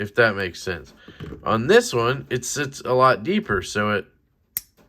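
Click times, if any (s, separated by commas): 4.6 s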